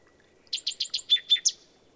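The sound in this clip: Bird song of quick chirped notes, four rapid ones followed by three louder, slurred, ringing notes, against a quiet background.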